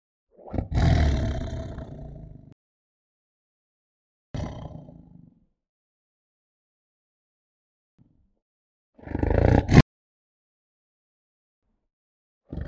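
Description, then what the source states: Tiger giving low growls a few seconds apart with silence in between, one louder and harsher. Tiger growl described as tense and soft.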